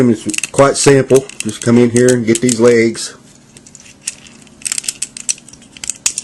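Someone talks, then the plastic legs of a Transformers G-1 Targetmaster Blurr robot toy are brought in and pushed into position against the body during transformation, with a series of small plastic clicks and rattles. After some difficulty, a loud, sharp click at 6.1 s marks the legs snapping into place, seated.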